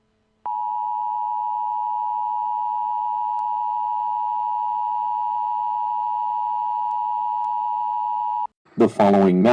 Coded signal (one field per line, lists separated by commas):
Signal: Emergency Alert System (SAME) tones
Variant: 853 and 960 Hz attention tone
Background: speech